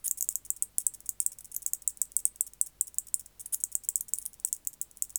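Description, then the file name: White-faced bush-cricket song, sharp high clicks in quick rhythmic series, pausing briefly now and then. "Decticus albifrons"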